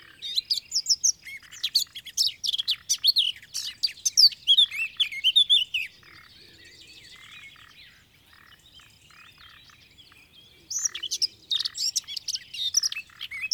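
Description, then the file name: Eurasian blackcap warbling for about six seconds in rapid, varied chirps, falling silent, then starting up again with bright whistles. "Sylvia atricapilla"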